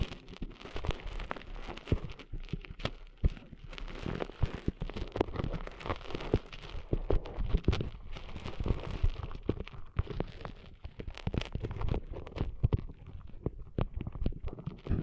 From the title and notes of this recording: ASMR Cleaning Sand Out of Your Ears (No Talking).